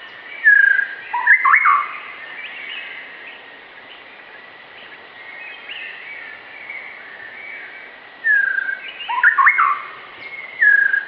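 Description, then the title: White-rumped shama song: loud, rich whistled phrases with sweeping and rising notes open and close the stretch, with softer warbling in between. Training (masteran) recording for pet songbirds; the murai batu is described as gacor, singing vigorously and continuously. "nightingale masteran. Suara Murai Batu Gacor"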